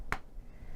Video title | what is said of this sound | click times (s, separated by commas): How to Install Magnetic Snaps and Invisible Magnetic Snaps | I'm going to show you how the flap closes and I'll be quiet for just a second so that you can hear the snap closing so | 0.1 s